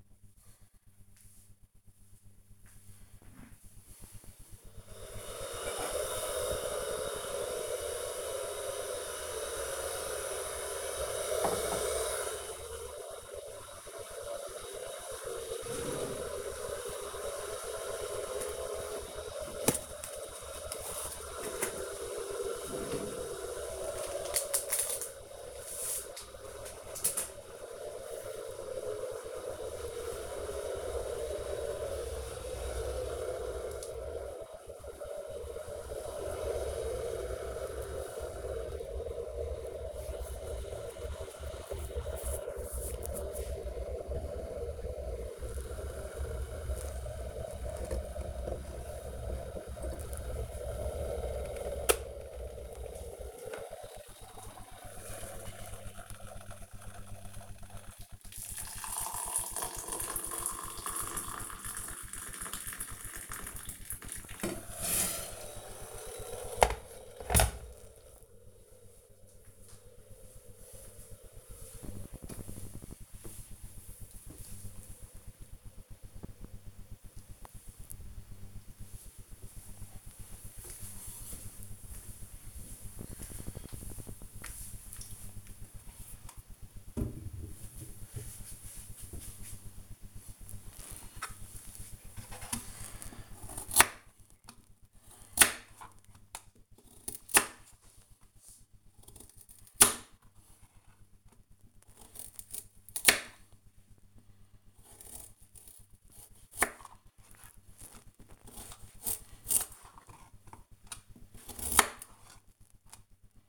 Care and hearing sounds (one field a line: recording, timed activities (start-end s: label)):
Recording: household activities, microphone on the right wrist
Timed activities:
0.00-67.73 s: making tea
90.93-113.49 s: cutting vegetables